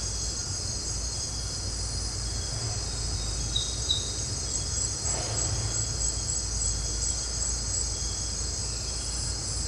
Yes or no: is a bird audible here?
no